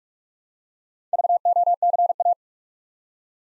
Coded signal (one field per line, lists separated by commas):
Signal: Morse code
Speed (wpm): 44 wpm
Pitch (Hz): 700 Hz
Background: none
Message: VOCA